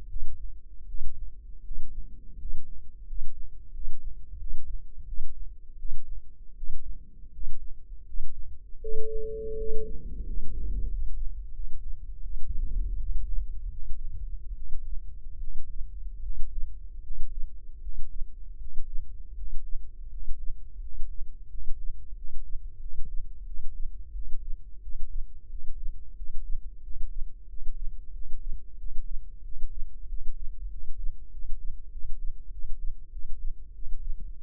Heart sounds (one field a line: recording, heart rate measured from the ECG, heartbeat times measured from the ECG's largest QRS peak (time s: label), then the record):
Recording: heart sounds by microphone in the left ear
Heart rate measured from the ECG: 86 bpm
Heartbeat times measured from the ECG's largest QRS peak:
0.08 s: heartbeat
0.86 s: heartbeat
1.63 s: heartbeat
2.37 s: heartbeat
3.05 s: heartbeat
3.72 s: heartbeat
4.38 s: heartbeat
5.05 s: heartbeat
5.77 s: heartbeat
6.55 s: heartbeat
7.31 s: heartbeat
8.04 s: heartbeat
8.80 s: heartbeat
9.56 s: heartbeat
10.24 s: heartbeat
10.88 s: heartbeat
11.51 s: heartbeat
12.21 s: heartbeat
12.97 s: heartbeat
13.70 s: heartbeat
14.54 s: heartbeat
15.38 s: heartbeat
16.21 s: heartbeat
17.01 s: heartbeat
17.80 s: heartbeat
18.57 s: heartbeat
19.34 s: heartbeat
20.08 s: heartbeat
20.80 s: heartbeat
21.48 s: heartbeat
22.14 s: heartbeat
22.79 s: heartbeat
23.44 s: heartbeat
24.12 s: heartbeat
24.80 s: heartbeat
25.48 s: heartbeat
26.14 s: heartbeat
26.81 s: heartbeat
27.47 s: heartbeat
28.12 s: heartbeat
28.76 s: heartbeat
29.42 s: heartbeat
30.07 s: heartbeat
30.69 s: heartbeat
31.30 s: heartbeat
31.90 s: heartbeat
32.50 s: heartbeat
33.10 s: heartbeat
33.73 s: heartbeat
34.37 s: heartbeat
From the record:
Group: healthy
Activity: rest 0-9 s, breath hold 9-34 s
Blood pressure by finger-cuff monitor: 123/70 mmHg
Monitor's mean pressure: 81 mmHg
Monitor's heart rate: 88 bpm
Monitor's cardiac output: 7.3 L/min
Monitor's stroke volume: 86 mL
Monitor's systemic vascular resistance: 790 dyn s/cm5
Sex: male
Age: 23 years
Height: 179 cm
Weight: 87 kg